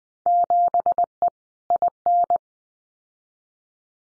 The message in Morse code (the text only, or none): 7E IN